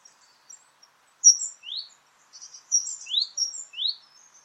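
Great tit giving high, thin paired notes, each a short high tone followed by an upward-swept note, repeated a few times in quick succession.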